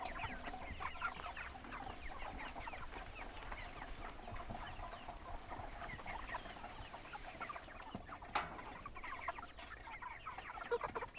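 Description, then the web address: Chickens keeping up a dense, continuous chatter of short chirps and clucks, with a few louder knocks and rustles. Chickens recorded at a chicken coop on a goat farm, while the coop was being pulled. "Sky Cloud Audio Post Production GOAT FARM SOUNDS pulling chicken coop"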